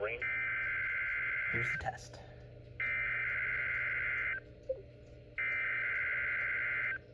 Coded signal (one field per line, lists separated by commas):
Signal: Emergency Alert System (SAME) tones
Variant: header bursts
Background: speech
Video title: NOAA weather radio, EAS number 6, required weekly test in Tennessee